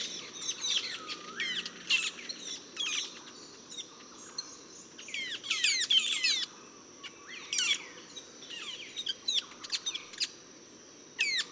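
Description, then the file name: Metallic starling calls: clusters of wavering, down-slurred whistles and sharp chirps in irregular bursts, separated by short pauses, over a constant faint high whine. "Aplonis Metallica"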